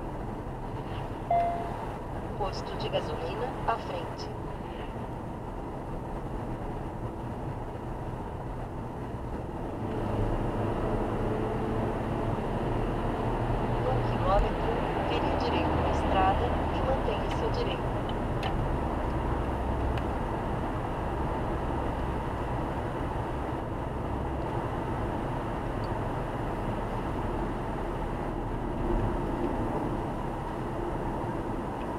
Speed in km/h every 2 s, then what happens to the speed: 76, 75, 74, 76, 80, 89, 93, 95, 96, 95, 95, 95, 94, 90, 84, 79.
0-6 steady at about 75. 6-16 speeds up to 96. 16-24 steady at about 95. 24-32 slows to 79.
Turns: none.